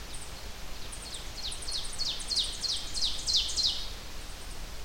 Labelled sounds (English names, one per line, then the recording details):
Ovenbird song
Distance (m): 15 m
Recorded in boreal forest in Alberta, Canada, on 30 June 2016 at 08:27
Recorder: SongMeter 3, array SBT-6-79
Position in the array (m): 185 m, 31 m
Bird 39